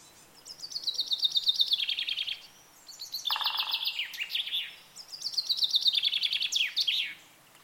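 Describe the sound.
Bird song: three phrases of rapid high chirping trills separated by short gaps, with a lower buzzy note at the start of the second.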